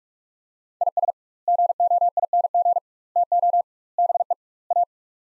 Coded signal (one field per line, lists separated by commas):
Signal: Morse code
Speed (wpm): 42 wpm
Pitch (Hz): 700 Hz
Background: none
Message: IS GOING TO BE A